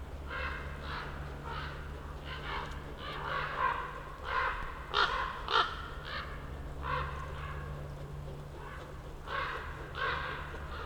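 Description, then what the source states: Common ravens croaking repeatedly, rough calls coming in quick runs, with a steady low hum beneath. Several ravens circling for over ten minutes above a mountain slope, recorded from among young beeches on Patnik mountain side, Goworów, Poland, on a New Year's walk; Zoom F4, AT BP4025.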